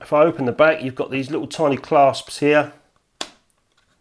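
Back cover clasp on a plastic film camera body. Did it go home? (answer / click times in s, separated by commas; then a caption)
released / 3.2 s. Someone talks while unclipping the small metal clasps that hold the plastic back cover on a Holga 120 medium format film camera. Then a single sharp pop sounds at 3.2 seconds as a clasp releases and the back comes free.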